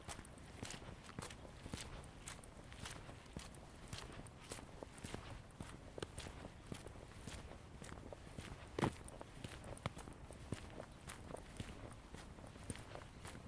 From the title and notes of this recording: I took a walk in Ravenna Park, Seattle.